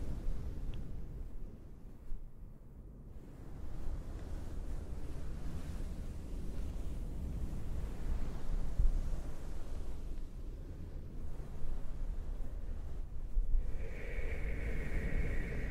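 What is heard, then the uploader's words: A towel is swished and rubbed to mimic ocean waves, making a dense, low rushing roar that swells and eases, growing fuller around the middle. Near the end, a steady thin whine enters on top of the rumbling wash. ASMR shushing you to sleep w oceanwave-like towel sounds - shhh, no talking.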